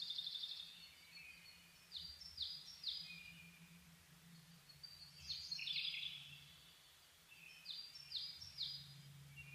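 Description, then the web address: Bird singing high, sharp falling phrases in three clusters spaced a few seconds apart, with a low steady hum underneath. Dawn chorus (reimei) recorded 10 May 2010. "reimei DH-D 50-saezuri-20100510-0401"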